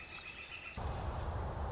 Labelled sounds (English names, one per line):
Northern Flicker